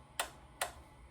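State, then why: Released. The bottom clip of a hat hoop is unclipped from the cap driver of an embroidery machine to show the check, while the top two clips stay clipped in. Two sharp clicks sound at 0.2 s and 0.6 s, and the bottom clip comes free.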